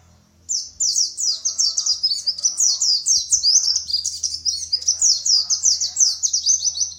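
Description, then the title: White-eye song, an unbroken stream of rapid, high, slurred chirps repeated several times a second for the whole stretch, over a faint low hum. Compilation of white-eye song in the ngalas ngeroll style. "Kumpulan Pleci Ngalas Ngeroll"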